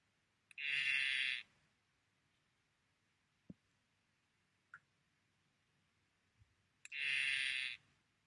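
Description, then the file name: Blue poison dart frog giving two steady, high buzzing trills about six seconds apart, with a few faint clicks in between. "tinctorius azureus calling"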